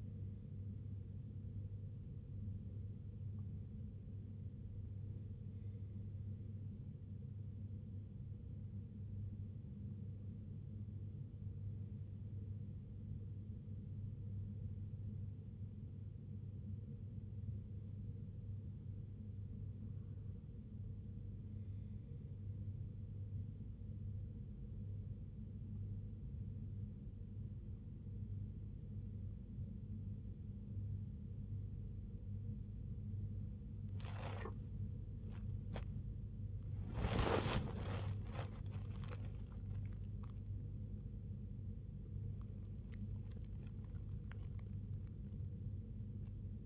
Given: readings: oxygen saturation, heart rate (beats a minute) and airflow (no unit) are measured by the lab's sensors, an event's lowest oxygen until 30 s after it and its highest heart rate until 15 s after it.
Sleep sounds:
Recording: breathing in sleep by a smartphone at the bedside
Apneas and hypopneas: 1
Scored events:
14.00-35.50 s: hypopnea (N1, oxygen 96% highest, then 93% lowest, heart rate 67 at the start, 90 highest)
From the record:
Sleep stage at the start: N1 (lightest sleep)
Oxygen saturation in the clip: 89 to 96%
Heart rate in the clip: 60 to 90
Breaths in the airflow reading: 7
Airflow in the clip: -12.4 to 13.8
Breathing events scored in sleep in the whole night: 258 in 7.4 hours asleep

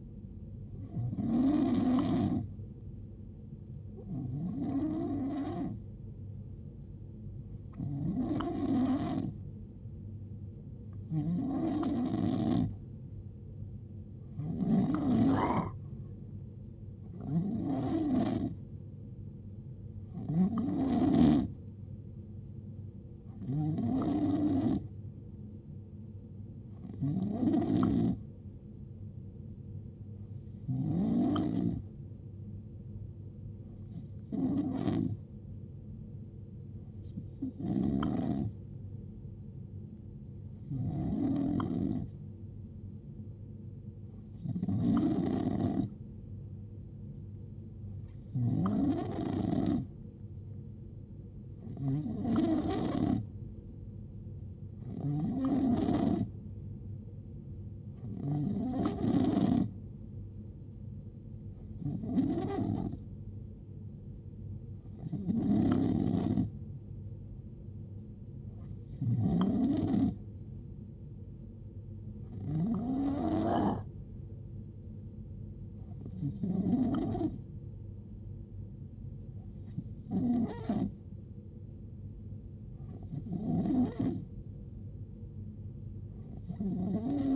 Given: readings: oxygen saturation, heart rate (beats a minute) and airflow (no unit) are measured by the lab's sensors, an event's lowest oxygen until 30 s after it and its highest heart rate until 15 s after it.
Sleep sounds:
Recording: breathing in sleep by a smartphone at the bedside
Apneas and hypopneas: none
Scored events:
none scored
From the record:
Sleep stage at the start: N2 (light sleep)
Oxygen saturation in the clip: 87 to 91%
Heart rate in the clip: 58 to 75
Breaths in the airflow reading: 26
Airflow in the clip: -8.4 to 7.3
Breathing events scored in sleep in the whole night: 389 in 6.3 hours asleep

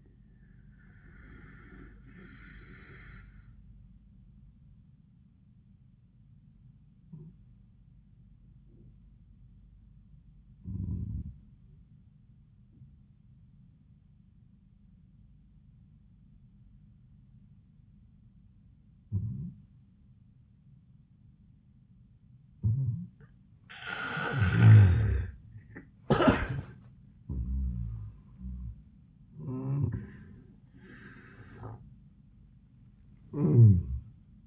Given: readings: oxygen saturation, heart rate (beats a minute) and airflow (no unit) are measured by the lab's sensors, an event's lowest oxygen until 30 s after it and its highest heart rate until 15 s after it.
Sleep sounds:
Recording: breathing in sleep by a smartphone at the bedside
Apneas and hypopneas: 1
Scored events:
3.00-25.90 s: obstructive apnea (N1, oxygen 97% highest, then 85% lowest)
From the record:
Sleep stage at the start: N1 (lightest sleep)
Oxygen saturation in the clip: 83 to 97%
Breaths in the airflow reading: 3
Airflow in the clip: -15.0 to 19.5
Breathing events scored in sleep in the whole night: 400 in 8.7 hours asleep

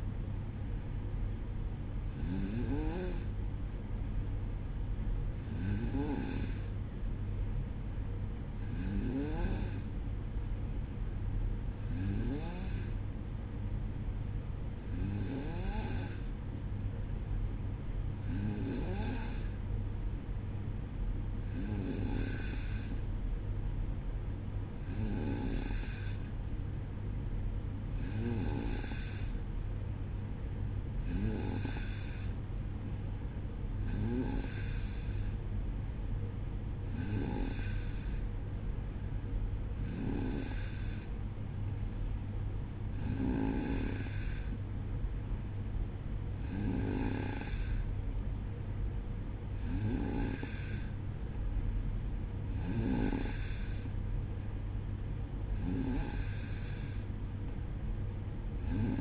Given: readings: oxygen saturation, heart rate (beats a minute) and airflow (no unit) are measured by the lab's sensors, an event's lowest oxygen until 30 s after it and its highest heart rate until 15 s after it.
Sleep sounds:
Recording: breathing in sleep by a smartphone at the bedside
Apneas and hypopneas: none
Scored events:
none scored
From the record:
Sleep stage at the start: N2 (light sleep)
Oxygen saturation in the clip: 93 to 94%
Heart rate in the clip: 58 to 61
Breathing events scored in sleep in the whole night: 305 in 9.6 hours asleep

